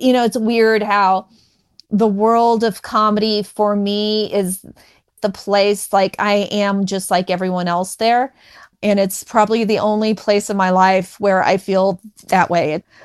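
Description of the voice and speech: An adult woman speaks in a steady, mid-pitched conversational voice, with several sounds held for about half a second, on words like "me," "is" and "feel," plus a few mid-phrase pauses. These mild prolongations are stuttering, a motor disruption of speech flow.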